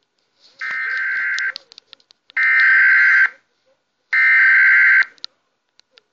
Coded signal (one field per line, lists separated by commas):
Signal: Emergency Alert System (SAME) tones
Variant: header bursts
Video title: The Purge EAS